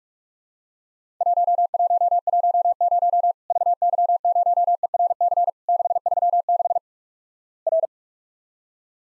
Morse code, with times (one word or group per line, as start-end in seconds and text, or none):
1.2-3.3 1110
3.5-5.5 VY0ERC
5.7-6.8 636
7.7-7.9 R